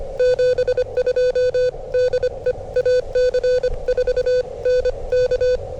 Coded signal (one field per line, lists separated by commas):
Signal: Morse code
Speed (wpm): 24 wpm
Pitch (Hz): 500 Hz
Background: none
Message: 72 DE AC4NK